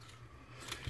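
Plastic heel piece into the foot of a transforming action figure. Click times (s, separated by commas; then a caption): 0.7 s. A plastic heel piece is pulled out on the foot of a transforming robot action figure and pushed until it snaps into place, seated, with a sharp click at 0.7 s. A steady low hum runs underneath, and a second, louder thump follows near the end.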